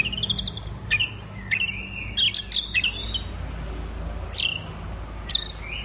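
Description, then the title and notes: Orange-headed thrush song: varied clear whistled phrases, some sliding and some sharp high notes, given in short bursts with gaps, over a low steady background hum. Anis merah in full 'gacor' song, used for training songbirds. "Anis Merah Gacor Teler Untuk. Kumpulan Suara Burung Anis"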